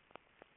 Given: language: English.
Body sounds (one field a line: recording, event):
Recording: throat vibration sensor signal played as sound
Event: swallow